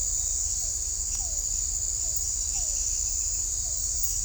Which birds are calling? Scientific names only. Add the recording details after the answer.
none. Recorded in shrubland near Pivijay, Magdalena, Colombia, on 2 June 2023 at 03:00. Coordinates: 10.453, -74.365. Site P5-G022